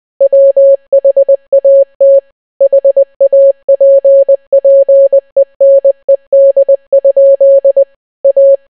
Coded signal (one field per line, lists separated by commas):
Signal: Morse code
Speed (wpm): 20 wpm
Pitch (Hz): 550 Hz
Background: none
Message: WHAT HAPPENED? A